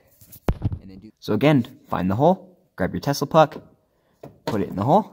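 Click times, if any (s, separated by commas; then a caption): 0.5 s. A rubber/plastic Tesla lifting jack pad puck is pushed up into a jack-point hole under the car's body, clicking into place with a sharp, short hit at 0.5 s. Someone talks through the rest of the clip, and the puck ends up seated in the lift point.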